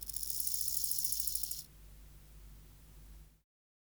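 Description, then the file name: Bow-winged grasshopper stridulation: one dry, rapidly pulsed, high buzzing phrase lasting about one and a half seconds. "Chorthippus biguttulus"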